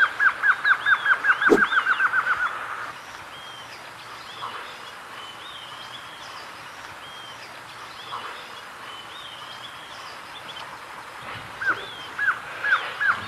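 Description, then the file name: Glossy antshrike delivering a fast series of downslurred notes, a brief knock midway, then faint bird calls and a few more spaced notes near the close. "Canto do choca dagua"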